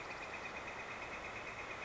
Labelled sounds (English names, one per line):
Northern Flicker